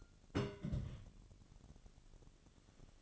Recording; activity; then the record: daily activity, microphone in the room; place on stove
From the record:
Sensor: 4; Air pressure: 1000.8 hPa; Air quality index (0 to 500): 123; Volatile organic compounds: 1 ppm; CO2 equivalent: 930 ppm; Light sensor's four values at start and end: 43/105/44/49 and 43/105/44/49